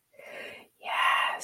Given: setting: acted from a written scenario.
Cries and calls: vocal sound without words; romantic love

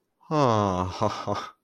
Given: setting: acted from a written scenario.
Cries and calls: vocal sound without words; pride

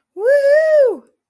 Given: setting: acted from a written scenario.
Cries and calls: vocal sound without words; ecstasy

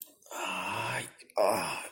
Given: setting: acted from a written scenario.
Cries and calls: vocal sound without words; pain

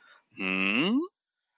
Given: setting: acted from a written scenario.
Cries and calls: vocal sound without words; interest

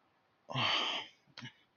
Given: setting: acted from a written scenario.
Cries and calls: vocal sound without words; guilt

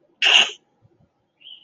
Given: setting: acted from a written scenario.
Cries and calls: vocal sound without words; shame

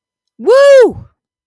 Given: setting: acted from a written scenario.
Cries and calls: vocal sound without words; triumph

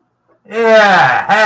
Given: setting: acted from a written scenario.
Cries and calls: vocal sound without words; positive surprise

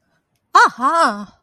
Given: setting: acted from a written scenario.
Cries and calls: vocal sound without words; triumph

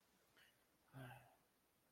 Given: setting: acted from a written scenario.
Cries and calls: vocal sound without words; guilt

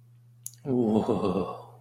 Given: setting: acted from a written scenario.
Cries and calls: vocal sound without words; awe

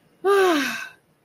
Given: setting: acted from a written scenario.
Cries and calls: vocal sound without words; ecstasy

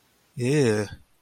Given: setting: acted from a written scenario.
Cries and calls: vocal sound without words; disgust

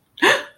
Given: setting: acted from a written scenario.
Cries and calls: vocal sound without words; fear

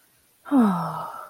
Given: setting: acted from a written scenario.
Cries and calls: vocal sound without words; contentment

